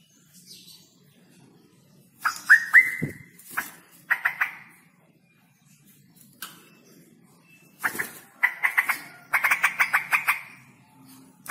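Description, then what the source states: Straw-headed bulbul song in short loud bursts of bubbling notes, with a low steady hum in the background. Male Cucak Rowo singing actively (gacor) in a loud voice with long rolling trills; the recording is meant as a tutor recording (masteran).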